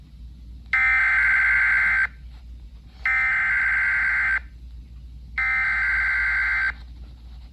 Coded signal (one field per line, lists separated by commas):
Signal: Emergency Alert System (SAME) tones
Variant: header bursts